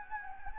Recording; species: mosquito wingbeat signal from an infrared sensor; Anopheles gambiae